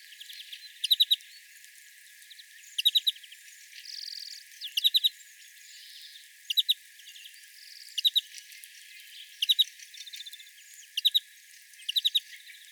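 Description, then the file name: European greenfinch calls: short clusters of two to four sharp chirps, repeated about every one and a half to two seconds, with soft faint notes between. "Chloris chloris"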